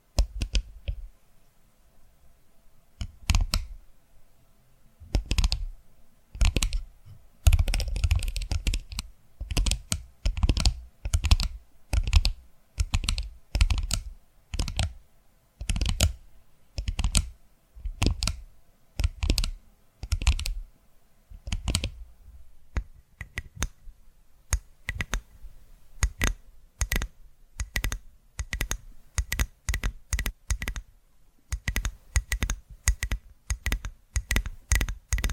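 Tapping triggers run through the whole 35 seconds as short, sharp taps with a dull low thump and a crisp click on top. They come in quick clusters about once a second, with quiet gaps between, growing denser and faster in the second half.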